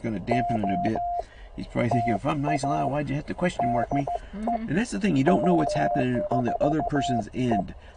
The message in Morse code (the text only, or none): OTA DE W4E